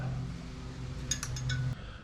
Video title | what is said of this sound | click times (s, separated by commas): Harley Davidson Road glide Rear Fender Struts Removal and Install | okay this piece slop slops this piece pops right in | 1.1 s